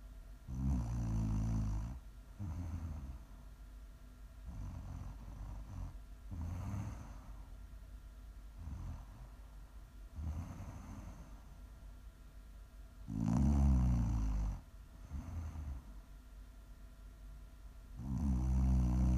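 An adult woman snoring in her sleep, shared as ASMR: low, rumbling snores with a harmonic buzz recur about 12 times a minute, somewhat irregular; ordinary sleep snoring.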